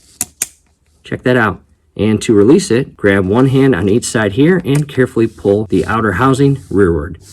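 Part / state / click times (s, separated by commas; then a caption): pressure test hose quick coupler onto fitting on boat outdrive upper unit / seated / 0.2 s, 0.4 s. A spring-loaded quick-connect coupler on a pressure test hose is pushed onto a fitting screwed into a boat outdrive's upper unit. Two sharp clicks at 0.2 s and 0.4 s mark the sleeve snapping forward and locking, seating the coupler with an airtight seal. Afterward, someone talks.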